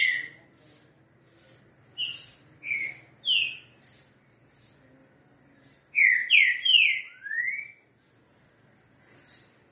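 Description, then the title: Green-winged saltator giving separate whistled notes, then a quick cluster of three loud slurred whistles followed by a rising note. Song in the style called 'três notas com boi' (three notes with boi). "Canto De Trinca Ferro. TRINCA=FERRO 3 NOTAS COM BOI"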